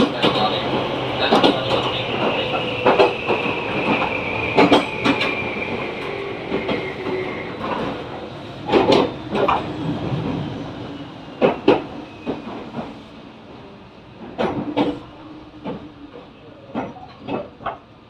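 Train running sounds, heard from on board, with a steady low rumble under repeated sharp clacks from the wheels. A sustained squealing tone runs through the first eight seconds and then fades, while the clacking continues in uneven bursts to the end.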